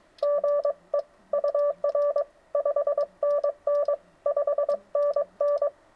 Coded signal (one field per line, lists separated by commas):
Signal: Morse code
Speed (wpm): 24 wpm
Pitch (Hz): 560 Hz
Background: none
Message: GE UR 5NN 5NN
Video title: POTA at Long Pond Part 1: Thursday Night